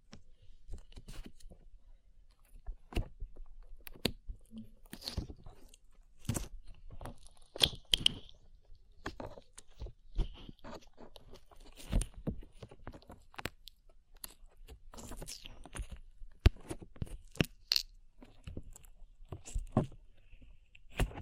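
Sticky slime squelches and pops in quick, irregular bursts, sharp wet clicks scattered densely throughout, with brief quiet gaps between clusters.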